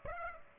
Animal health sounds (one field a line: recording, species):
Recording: mosquito wingbeat signal from an infrared sensor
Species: Aedes aegypti